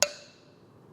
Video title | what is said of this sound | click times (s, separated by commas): How to build the New Amped A16 Pro so its ready to Ride | until it locks into place and it's nice and tight. | 0.0 s